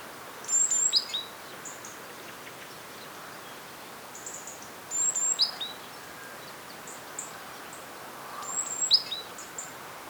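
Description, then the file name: Great tit calls: three spaced bursts of high, thin descending notes with brief chirps, roughly every four seconds, over steady hiss. "Parus major"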